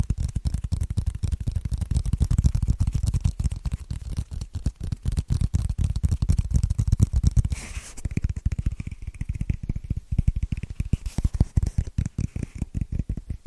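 Quick tapping and scratching by hand, a dense run of short strokes that never lets up. The first half carries a heavy low thump under the taps; just before the eight-second mark it thins and brightens into lighter, scratchier strokes with a faint high rasp.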